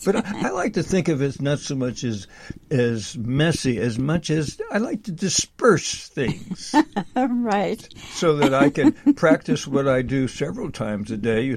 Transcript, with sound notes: But I like to think of it not so much as, as messy as much as I like to disperse things-
(laughs) Right.
... so that I can practice what I do several times a day,